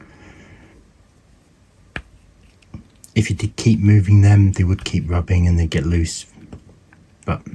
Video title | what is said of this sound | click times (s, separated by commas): How to Build and Paint the Trash Compactor Mythosaur Kit. | hear it'll click and it's in and that won't go anywhere | 2.0 s